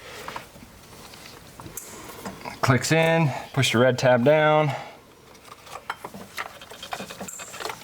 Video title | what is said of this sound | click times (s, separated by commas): 2013-2017 5.0L F-150 Ford Performance 5.0L Coyote High Strength VCT Solenoids Review & Install | le bas, cliquez, languette rouge, il y a un clic. | 5.9 s